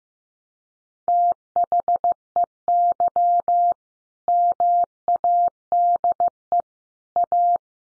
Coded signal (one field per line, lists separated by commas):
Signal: Morse code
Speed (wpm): 15 wpm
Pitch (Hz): 700 Hz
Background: none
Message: THEY MADE A